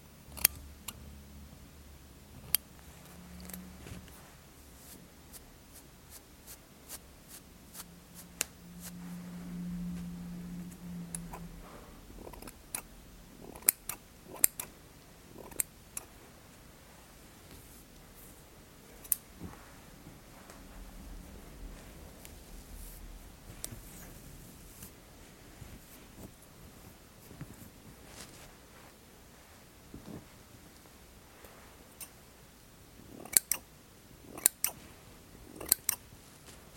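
Scissors snip in sharp, isolated clicks scattered across the recording, with tight clusters near 14 seconds and again around 33 to 36 seconds. Between them, soft fabric rustling and brushing continue, and a low hum swells briefly around 9 to 11 seconds.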